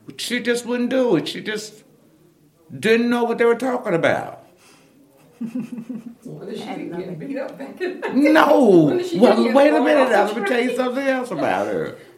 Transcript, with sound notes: She just wouldn’t do it, she just didn’t know what they were talking about. (laughter)
Wonder she didn’t get beat up back in there.
No! Wait a minute, I was gon’ tell you something else about her.